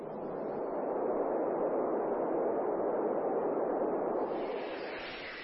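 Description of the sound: Simulated tinnitus sound: a steady, broadband roaring noise concentrated in the low-mid frequencies, recreating one adult's tinnitus.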